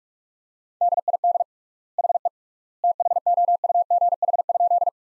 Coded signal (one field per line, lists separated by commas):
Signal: Morse code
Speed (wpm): 46 wpm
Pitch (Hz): 700 Hz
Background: none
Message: DID HE THOUGH?